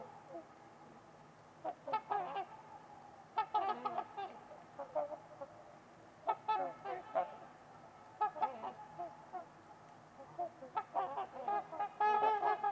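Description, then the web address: Trumpeter swans calling, brassy honking bursts in irregular clusters throughout. Trumpeter swans on a winter's eve at Winters Lake in a deep, silent valley in winter. "Trumpeter Swans on a Winter's Eve. Winters-Lake-with-Swan. Wind Is the Original Radio"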